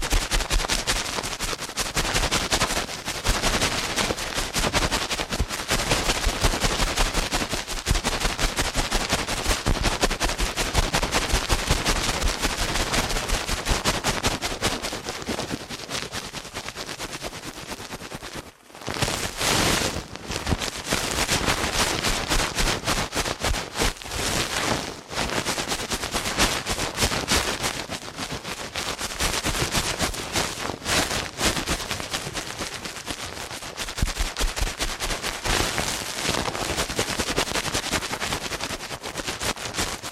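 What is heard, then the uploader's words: Ear cleaning done at a frantic pace: a dense, rapid-fire rattle of scratching and crackling that runs almost without pause across the whole range from low to bright. It stops for a split second around 18 seconds, then resumes at the same relentless rate. ASMR Ear Cleaning at Helicopter Speed.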